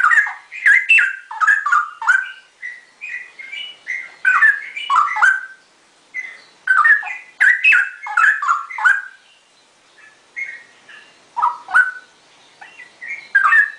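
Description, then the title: Oriental magpie-robin singing a rich, varied run of clear whistles and quick slurred notes, in bursts separated by short pauses. "Kicau Kacer"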